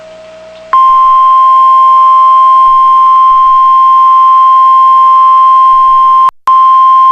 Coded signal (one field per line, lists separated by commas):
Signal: Emergency Alert System (SAME) tones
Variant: 1050 Hz attention tone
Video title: Severe Thunderstorm Warning - EAS #573